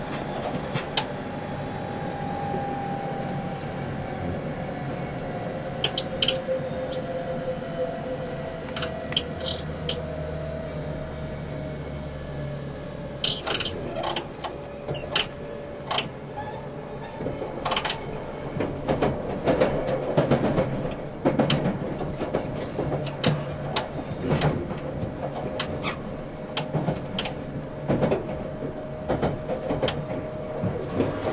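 A JR East E351 series Super Azusa train runs with a steady rumble and a mid-pitched motor whine that slowly falls in pitch over the first fifteen seconds. After that, sharp clicks and knocks from the rails come thick and irregular until the end.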